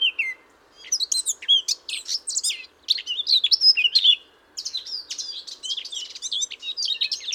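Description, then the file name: Eurasian blackcap delivering several bursts of jumbled, scratchy warbling with brief silences between them, notes sliding up and down sharply. "Sylvia atricapilla"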